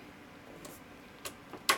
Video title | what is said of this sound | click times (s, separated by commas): Setting proper gain structure and hooking up a compressor to your mixer | Okay, you hear a little snap there. | 1.7 s